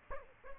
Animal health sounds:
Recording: mosquito wingbeat signal from an infrared sensor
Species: Aedes aegypti

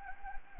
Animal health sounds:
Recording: mosquito wingbeat signal from an infrared sensor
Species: Anopheles gambiae

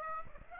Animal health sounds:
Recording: mosquito wingbeat signal from an infrared sensor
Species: Aedes aegypti

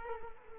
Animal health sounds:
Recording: mosquito wingbeat signal from an infrared sensor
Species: Culex quinquefasciatus

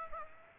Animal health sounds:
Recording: mosquito wingbeat signal from an infrared sensor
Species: Aedes aegypti

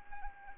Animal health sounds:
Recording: mosquito wingbeat signal from an infrared sensor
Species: Anopheles arabiensis

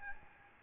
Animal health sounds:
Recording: mosquito wingbeat signal from an infrared sensor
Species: Aedes albopictus

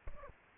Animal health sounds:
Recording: mosquito wingbeat signal from an infrared sensor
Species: Aedes albopictus

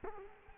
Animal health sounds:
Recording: mosquito wingbeat signal from an infrared sensor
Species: Culex quinquefasciatus

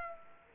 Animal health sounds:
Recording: mosquito wingbeat signal from an infrared sensor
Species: Culex quinquefasciatus

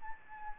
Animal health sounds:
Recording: mosquito wingbeat signal from an infrared sensor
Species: Aedes albopictus

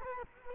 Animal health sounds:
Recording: mosquito wingbeat signal from an infrared sensor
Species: Culex quinquefasciatus

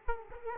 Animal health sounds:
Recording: mosquito wingbeat signal from an infrared sensor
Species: Aedes aegypti

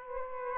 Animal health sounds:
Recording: mosquito wingbeat signal from an infrared sensor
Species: Aedes aegypti

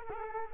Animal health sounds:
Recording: mosquito wingbeat signal from an infrared sensor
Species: Culex quinquefasciatus

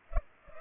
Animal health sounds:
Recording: mosquito wingbeat signal from an infrared sensor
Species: Culex pipiens

